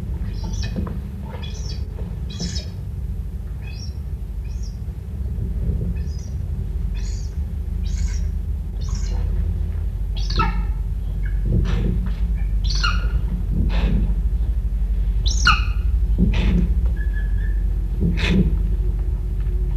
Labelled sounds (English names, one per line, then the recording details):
Northern Screamer call
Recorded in captivity
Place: Zoo Hannover, Niedersachsen, DE
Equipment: Halbspur, 9,5 cm/s
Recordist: Lütgens, Hans
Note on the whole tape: Rufe